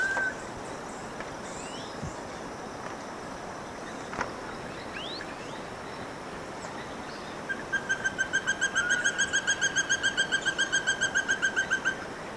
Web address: Natures Songs S America Eastern Lowlands. Chrysoptilus punctigula, calls and drum